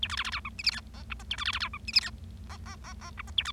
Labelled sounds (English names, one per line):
Bengalese Finch song